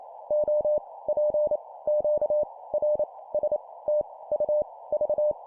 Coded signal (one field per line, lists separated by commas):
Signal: Morse code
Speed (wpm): 28 wpm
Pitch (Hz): 600 Hz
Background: none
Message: O P Q R S T U V